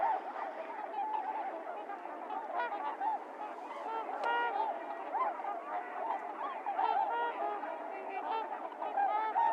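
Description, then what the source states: Trumpeter swans in a constant chorus of overlapping honks, individual calls hard to pick out from the massed flock. Recorded 28 January 2022; recording low-cut filtered; several swans.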